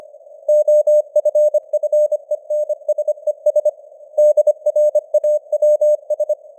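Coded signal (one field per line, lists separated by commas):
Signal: Morse code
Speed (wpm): 25 wpm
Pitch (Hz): 600 Hz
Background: none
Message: OFFENSES DRAWS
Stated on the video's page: Morse code at 25 wpm with simulated radio noise and varying signal strength (QSB).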